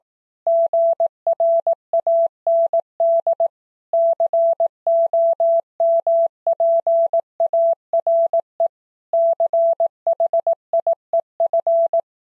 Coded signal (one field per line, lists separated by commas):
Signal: Morse code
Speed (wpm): 18 wpm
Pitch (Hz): 670 Hz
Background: none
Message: GRAND COMPARE CHIEF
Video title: Morse Code: words at 18wpm